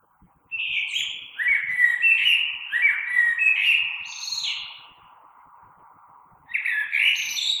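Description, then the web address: Common blackbird singing a long run of mellow warbled phrases with squeaky high notes, a pause, then a new phrase starting, over a faint steady background hum. Recorded 3 March 2020. "oiseaux Merle 2020 03 03"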